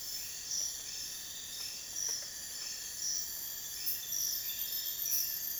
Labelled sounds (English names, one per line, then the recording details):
none
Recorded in dense forest near Puerto Asís, Putumayo, Colombia, on 22 June 2025 at 03:30
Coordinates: 0.484, -76.325
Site H65